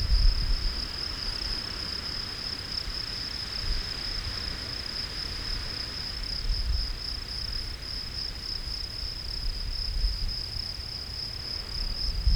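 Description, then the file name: Field cricket trilling nonstop at a high pitch, an even chirr over a noticeable low rumble that rises at times. "Gryllus campestris"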